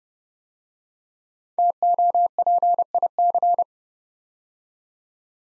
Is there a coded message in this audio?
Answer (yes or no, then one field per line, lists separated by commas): yes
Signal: Morse code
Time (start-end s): 1.6-3.6 s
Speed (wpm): 29 wpm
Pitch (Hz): 700 Hz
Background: none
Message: TOPIC